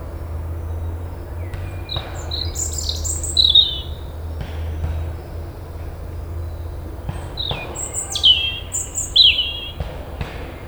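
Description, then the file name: European robin song: thin, high descending whistled phrases spaced several seconds apart, with occasional sharp knocking clicks in the background. "Erithacus rubecula"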